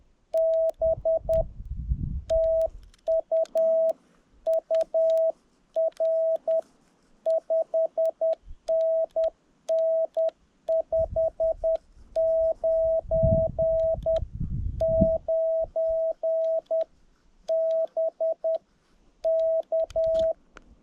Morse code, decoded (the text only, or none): B TU UR 5NN 599 BK